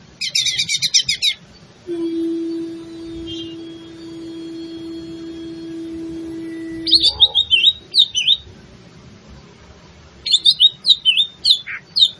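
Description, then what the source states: Leafbird singing rapid high chatter and twisting whistled notes; a steady low droning tone runs for several seconds between song bursts. In full song, a singing style called gacor; Indonesian name cucak ijo.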